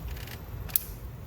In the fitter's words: this solenoid you'll get a click once it's seated